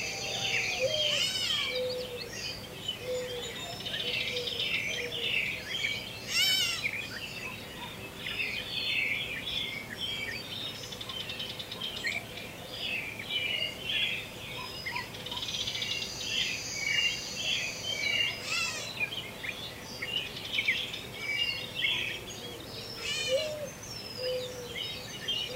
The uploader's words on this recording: Relax with the many sounds of the woods in the early morning. An abundance of birds. Morning in the Woods.